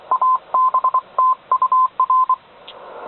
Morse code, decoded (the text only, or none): ABT UR